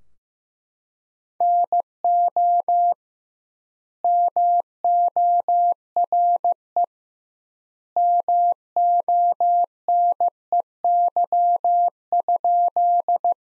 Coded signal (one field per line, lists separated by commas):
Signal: Morse code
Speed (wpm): 15 wpm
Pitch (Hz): 700 Hz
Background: none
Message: NO MORE MONEY?